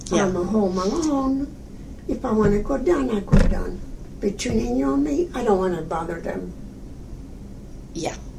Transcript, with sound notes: I'm home alone, if I wanna go down, I go down. (bangs table) Between you and me I don't wanna bother them.
Yeah.